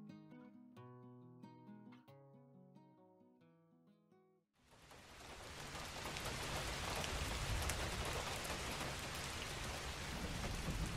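A few seconds of soft melodic notes give way abruptly to a loud, steady hiss of rain pouring down on city streets, dense and unbroken to the end.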